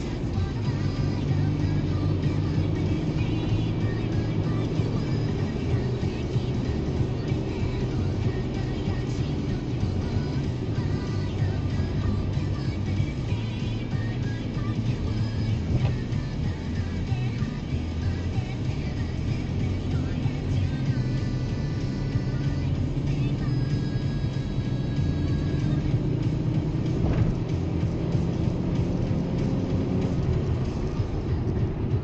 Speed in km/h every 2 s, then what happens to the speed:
76, 82, 83, 81, 77, 72, 66, 64, 63, 65, 68, 72, 76, 84, 91, 88.
0-4 speeds up to 83. 4-12 slows to 66. 12-17 steady at about 64. 17-28 speeds up to 91.